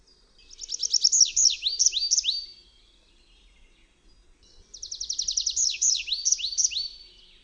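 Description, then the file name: Tree pipit giving two similar song phrases: quick stuttering high notes leading into several slow, sweeping downslurred notes, separated by about two seconds of quiet. "SWIERGOTEKDRZEWNY"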